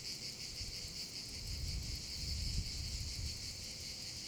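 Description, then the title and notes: Cicadas buzzing together in a continuous pulsing high drone, with louder low rumbling noise through the middle. Several cicadas over the Vallo di Diano valley, Geoparco Padula, Italy; recorded with a Zoom H6 and MS capsule. "Geoparco Padula - Cicale sulla valle del Diano. Registrato con Zoom H6 e capsula MS"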